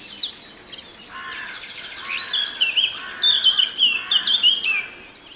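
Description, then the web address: Eurasian blackcap song: a quiet, scratchy, varied warble that builds into louder, clearer fluty phrases near the end, with faint background hiss. "cianscape birddata Deverinetal 2025"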